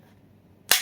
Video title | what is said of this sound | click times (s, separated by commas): Best Angle Grinder Milwaukee Vs Bosch Vs Metabo | snaps into place this has a nice grip this thing is | 0.7 s